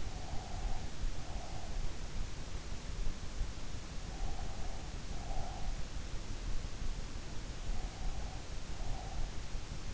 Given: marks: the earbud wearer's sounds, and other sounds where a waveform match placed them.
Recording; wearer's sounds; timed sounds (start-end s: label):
sounds in sleep by an in-ear microphone; breath
0.00-1.87 s: breath
4.14-5.88 s: breath
7.76-9.57 s: breath